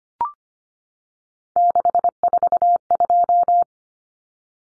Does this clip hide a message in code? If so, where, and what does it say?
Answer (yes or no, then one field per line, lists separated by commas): yes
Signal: Morse code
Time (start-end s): 1.6-3.6 s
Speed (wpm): 25 wpm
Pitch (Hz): 700 Hz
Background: none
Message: 642